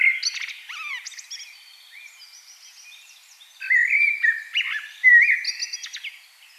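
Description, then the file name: Common blackbird with fluty slurred notes and high twitters, soft scattered sounds in between, then two strong warbled phrases near the end. "Turdus merula"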